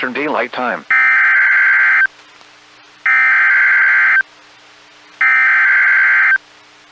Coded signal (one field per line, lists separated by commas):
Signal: Emergency Alert System (SAME) tones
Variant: header bursts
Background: speech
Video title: 20 Minutes of Emergency Alert System Activations NOAA Weather Radio